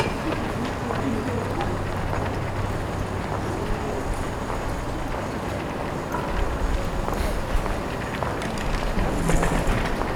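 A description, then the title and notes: A high street market being set up early in the morning, with a steady, dense wash of urban bustle. Scattered voices, footsteps and light knocks come and go over a low traffic rumble, growing slightly busier after about six seconds. Captured early in the morning as a High Street market is being set up. It is a cool morning, the ground is wet. People are beginning to enter the centre of the city, going to jobs and cafes.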